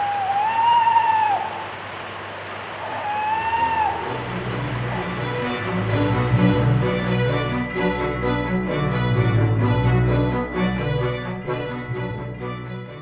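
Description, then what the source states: Tawny owl: two quavering hoots in the first four seconds, then a low droning background sound continues to the end. Male courting the female around 10 pm, warbling and making unusual sounds, in woodland on a farm in Norfolk in winter; they do not call on wet nights.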